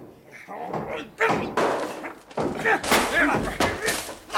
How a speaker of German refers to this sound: Los, Thompson, Tür aufbrechen!